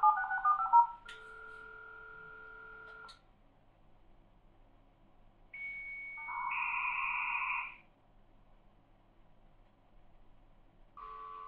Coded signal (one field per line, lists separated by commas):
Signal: dial-up modem handshake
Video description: The sound of dial-up at some of the most common speeds, including 300, 1200, 2400, 9600, 14,400, 33,600, and 56K.